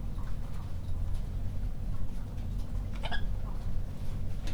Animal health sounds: poultry house recording; sick chickens (respiratory disease)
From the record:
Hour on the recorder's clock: 22

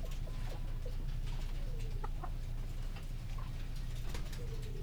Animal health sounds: poultry house recording; healthy chickens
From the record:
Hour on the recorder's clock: 19

